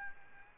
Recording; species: mosquito wingbeat signal from an infrared sensor; Aedes albopictus